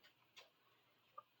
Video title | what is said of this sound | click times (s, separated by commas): Restoring a Dozen Tools in a Row | It just pops into place and you're done and you got a working saw. | 1.2 s